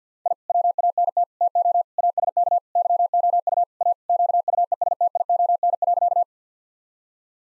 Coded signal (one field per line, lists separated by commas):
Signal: Morse code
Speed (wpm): 50 wpm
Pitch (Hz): 700 Hz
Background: none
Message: I WANT TO ASK YOU A QUESTION.